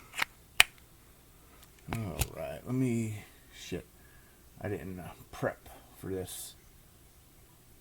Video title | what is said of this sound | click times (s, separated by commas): Cold Steel Mini Tac bowie | a little short of a handle but that makes it not you hear that click has a nice | 0.6 s